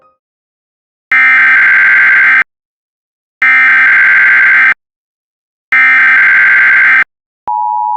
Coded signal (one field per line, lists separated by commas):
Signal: Emergency Alert System (SAME) tones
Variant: header bursts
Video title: Flood From Hell (EAS Scenario)